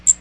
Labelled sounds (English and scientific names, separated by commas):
Magnolia Warbler (Setophaga magnolia) flight call